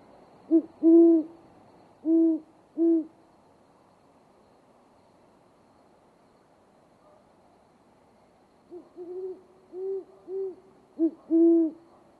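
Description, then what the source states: Great Horned Owl hooting: deep soft hoots in a rhythmic series of four, then after a long pause a second series of several hoots. Hooting rendered as who's awake? Me too.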